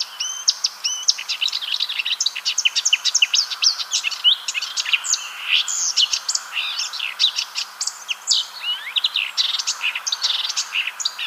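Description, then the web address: Marsh warbler delivering an unbroken stream of rapid chattering notes and twitters, varied and fast-paced from start to finish. "ljud Acrocephalus palustris"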